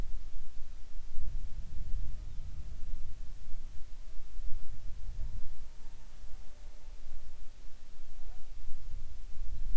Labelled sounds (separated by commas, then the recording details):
wind, insects
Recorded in the Arctic National Wildlife Refuge, Alaska, on 7 July 2019 at 19:07
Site 41